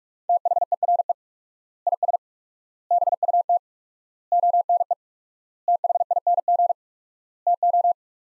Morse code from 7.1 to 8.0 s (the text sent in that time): TO